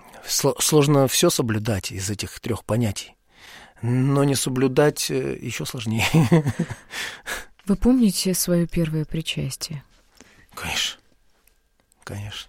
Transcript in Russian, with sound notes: Сложно все соблюдать из этих трех понятий. Но не соблюдать еще сложнее.
— (Смеется.) Вы помните свое первое причастие?
— Конечно. Конечно.